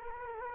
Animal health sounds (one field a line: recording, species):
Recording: mosquito wingbeat signal from an infrared sensor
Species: Culex quinquefasciatus